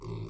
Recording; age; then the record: pig call; weaner (32 to 43 days)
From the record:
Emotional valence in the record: negative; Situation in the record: novel object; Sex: female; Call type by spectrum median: low-frequency call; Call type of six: low-frequency stable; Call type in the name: low-frequency stable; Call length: 0.29 s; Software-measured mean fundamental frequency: 55 Hz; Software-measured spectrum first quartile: 112 Hz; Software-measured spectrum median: 216 Hz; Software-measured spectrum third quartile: 535 Hz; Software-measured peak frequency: 121 Hz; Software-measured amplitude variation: 108 dB a second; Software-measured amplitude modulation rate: 34.0 a second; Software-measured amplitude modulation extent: 3.2 dB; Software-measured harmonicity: -2.0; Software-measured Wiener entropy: -0.14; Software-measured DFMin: 1130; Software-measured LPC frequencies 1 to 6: 315, 1045, 2291, 3642, 4426, 5610 Hz